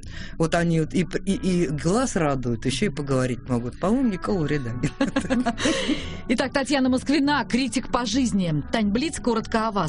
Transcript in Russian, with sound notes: Вот они и глаз радуют, ещё и поговорить могут. По-моему, никакого вреда нет. (Смеётся)
Итак, Татьяна Москвина, критик по жизни. Тань, блиц коротко о вас: